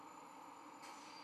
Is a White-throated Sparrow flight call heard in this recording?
no